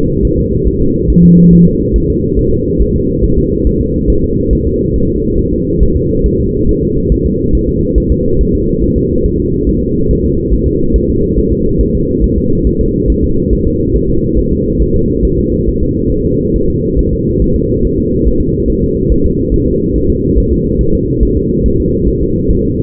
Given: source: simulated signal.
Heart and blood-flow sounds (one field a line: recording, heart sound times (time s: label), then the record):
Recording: fetal heart sounds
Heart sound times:
0.25 s: S1
0.39 s: S2
0.67 s: S1
0.81 s: S2
1.10 s: S1
1.24 s: S2
1.53 s: S1
1.67 s: S2
1.96 s: S1
2.10 s: S2
2.39 s: S1
2.53 s: S2
2.82 s: S1
2.96 s: S2
3.24 s: S1
3.38 s: S2
3.67 s: S1
3.81 s: S2
4.10 s: S1
4.24 s: S2
4.53 s: S1
4.67 s: S2
4.96 s: S1
5.10 s: S2
5.39 s: S1
5.53 s: S2
5.82 s: S1
5.96 s: S2
6.26 s: S1
6.40 s: S2
6.69 s: S1
6.83 s: S2
7.12 s: S1
7.26 s: S2
7.55 s: S1
7.69 s: S2
7.98 s: S1
8.12 s: S2
8.41 s: S1
8.55 s: S2
8.83 s: S1
8.97 s: S2
9.26 s: S1
9.40 s: S2
9.69 s: S1
9.83 s: S2
10.11 s: S1
10.25 s: S2
10.53 s: S1
10.67 s: S2
10.96 s: S1
11.10 s: S2
11.38 s: S1
11.52 s: S2
11.81 s: S1
11.95 s: S2
12.24 s: S1
12.38 s: S2
12.67 s: S1
12.81 s: S2
13.10 s: S1
13.24 s: S2
13.53 s: S1
13.67 s: S2
13.96 s: S1
14.10 s: S2
14.38 s: S1
14.52 s: S2
14.82 s: S1
14.96 s: S2
15.25 s: S1
15.39 s: S2
15.69 s: S1
15.83 s: S2
16.12 s: S1
16.26 s: S2
16.56 s: S1
16.70 s: S2
16.99 s: S1
17.13 s: S2
17.42 s: S1
17.56 s: S2
17.85 s: S1
17.99 s: S2
18.27 s: S1
18.41 s: S2
18.70 s: S1
18.84 s: S2
19.12 s: S1
19.26 s: S2
19.54 s: S1
19.68 s: S2
19.96 s: S1
20.10 s: S2
20.38 s: S1
20.52 s: S2
20.81 s: S1
20.95 s: S2
21.23 s: S1
21.37 s: S2
21.66 s: S1
21.80 s: S2
22.08 s: S1
22.22 s: S2
22.51 s: S1
22.65 s: S2
From the record:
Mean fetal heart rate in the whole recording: 140 bpm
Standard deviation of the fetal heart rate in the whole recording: 2 bpm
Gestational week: 34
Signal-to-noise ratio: -15.3 dB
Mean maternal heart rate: 72 bpm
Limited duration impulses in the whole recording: present